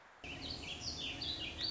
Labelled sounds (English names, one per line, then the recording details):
Warbling Vireo
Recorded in Sonoma County, California